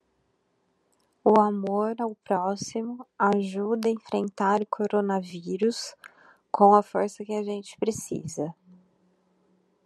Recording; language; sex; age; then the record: spoken sentence; Brazilian Portuguese; female; 30 to 39 years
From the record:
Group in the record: control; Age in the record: 38 years